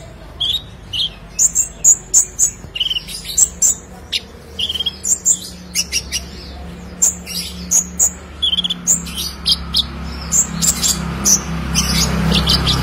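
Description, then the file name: Sunbird song: high, sibilant tweets and sharp chips given in short irregular phrases, with faint rumbling in the background. "Kolibri Lebah"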